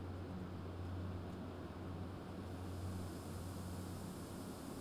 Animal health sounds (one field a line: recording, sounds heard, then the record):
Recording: poultry house recording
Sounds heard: no chicken sound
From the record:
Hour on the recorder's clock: 22